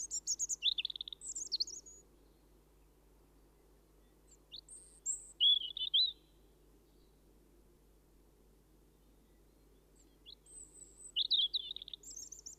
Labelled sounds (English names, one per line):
European Robin song